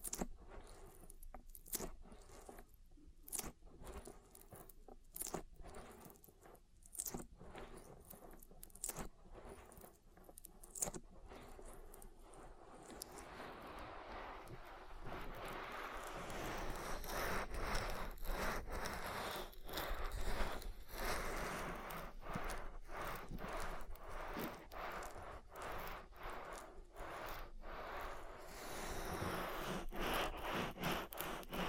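Oil ear massage, with wet, crunchy rubbing and squishing sounds made in quick, irregular bursts. The first half is sparse, with sharp clicks and pauses; after about thirteen seconds the rubbing turns into a steadier, denser, louder rustle that continues to the end.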